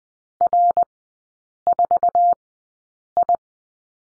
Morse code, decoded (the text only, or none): R4I